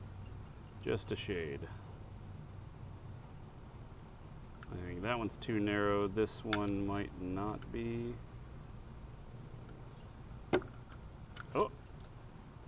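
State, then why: Released. Someone talks while trying several sizes of pin-removal (depinning) tool in a plastic car harness connector to release a crimped wiring terminal pin, against a steady low hum. At 10.5 s the correct-width tool gives a sharp click as it pushes the locking tabs free, followed by a few fainter ticks. The terminal pin lock is released.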